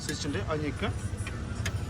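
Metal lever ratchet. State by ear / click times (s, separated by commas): released / 1.3 s, 1.7 s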